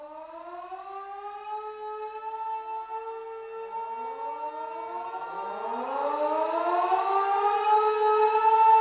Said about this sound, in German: Räumen. Feueralarmübung. Schnellste Räumung. Innerhalb von 18 Minuten muss das Gebäude geräumt sein.